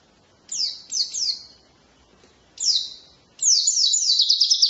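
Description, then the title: White-eye calls: a few high, thin downslurred notes separated by pauses, then a longer rapid twittering phrase. Wild-type ('ngalas') white-eye fill-in song used for tutoring songbirds (masteran). "mster Mnuk. Pleci ngalas isian untuk masteran"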